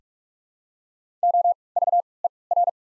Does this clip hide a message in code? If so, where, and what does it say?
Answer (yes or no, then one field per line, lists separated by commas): yes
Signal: Morse code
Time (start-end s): 1.2-2.7 s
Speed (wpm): 47 wpm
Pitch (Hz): 700 Hz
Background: none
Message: O V E R